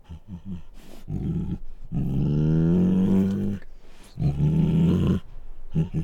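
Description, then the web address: Bengal tiger snarling growls: short rough pulses, then a long low voiced growl and a second shorter growl, with brief gruff bursts at the end. Female Bengal tiger giving snarling growls. "Sound Ideas Tigers Sound Effects"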